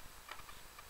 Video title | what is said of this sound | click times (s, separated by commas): LaZouche Custom airsoft TM 1911-MEU sear and hammer fitment. | There we go, there's a click. | 0.3 s